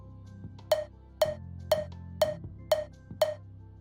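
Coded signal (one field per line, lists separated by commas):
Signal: none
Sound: game music notes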